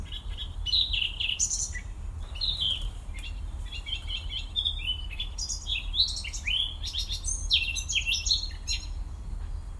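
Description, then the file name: Eurasian blackcap singing a continuous, fast warble of varied fluty and scratchy notes, with a steady low hum underneath. "Sylvia atricapilla"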